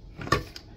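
A button on top of a Nutribullet EveryGrain rice cooker is pressed, and the latch releases with a sharp click at 0.3 s as the plastic lid pops up. A faint tap comes just before, at 0.2 s, and a lighter knock follows at 0.6 s. The lid is released and open.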